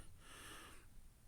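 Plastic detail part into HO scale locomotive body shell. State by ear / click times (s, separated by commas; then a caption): not seated / none. A plastic detail part is test-fitted on the shell of a Walthers Proto 2000 HO scale F3 locomotive, being adjusted for a small gap on one side before it is pressed in. A soft, breathy hiss swells and fades over about the first 0.8 seconds, with faint low rustling throughout. Nothing has seated or clicked yet.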